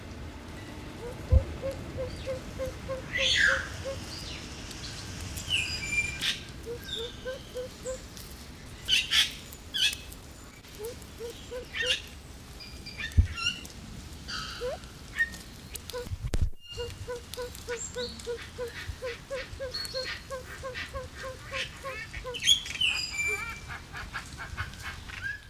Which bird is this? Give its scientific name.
Lophura diardi